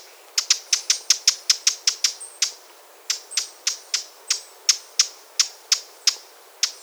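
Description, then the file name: Eurasian blackcap calling with sharp tacking clicks, a quick run of about a dozen, a brief pause, then another steady series. "Sylvia atricapilla"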